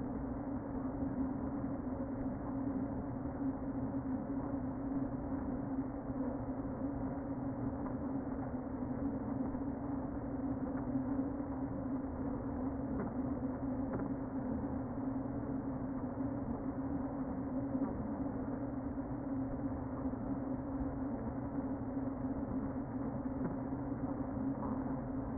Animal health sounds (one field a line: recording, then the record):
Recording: honeybee colony, microphone inside the hive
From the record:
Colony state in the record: queen present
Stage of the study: before two queens were removed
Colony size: about 60,000 bees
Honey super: yes